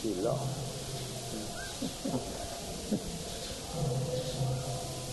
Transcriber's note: laughs